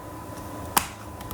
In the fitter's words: and snap it in place with the with the clips you'll hear the clips snap when you have it